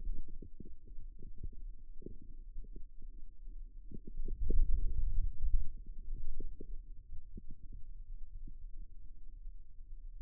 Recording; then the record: forearm muscle sounds (acoustic myography)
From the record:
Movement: ulnar deviation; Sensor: system 2, bracelet of six BSWA MPA416 microphones around the upper forearm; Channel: 4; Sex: male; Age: 22 years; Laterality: right